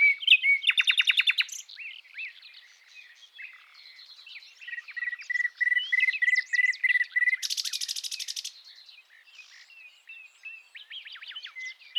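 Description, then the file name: Common nightingale song with a fast trill of repeated notes, a steady run of pure piping whistles at one pitch, a loud harsh buzzing burst, and varied twittering phrases. "Luscinia megarhynchos"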